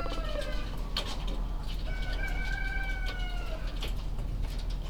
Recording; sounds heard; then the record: poultry house recording; healthy chickens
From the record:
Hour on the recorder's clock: 21